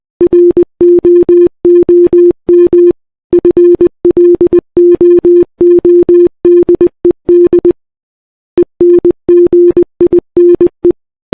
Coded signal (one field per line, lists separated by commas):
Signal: Morse code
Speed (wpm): 20 wpm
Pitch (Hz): 350 Hz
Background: none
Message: ROOM FLOODED ENGINE